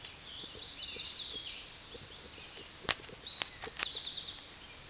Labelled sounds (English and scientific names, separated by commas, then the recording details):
Eastern Towhee (Pipilo erythrophthalmus) song
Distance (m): 50 m
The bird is about 25 m above the microphone
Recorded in a Pennsylvania forest on 16 May 2024 at 09:31
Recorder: AudioMoth, point MSD-2007
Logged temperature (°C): 16.1 °C
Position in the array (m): 66 m, 8 m